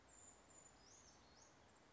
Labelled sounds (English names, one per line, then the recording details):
Brown Creeper
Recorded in Sonoma County, California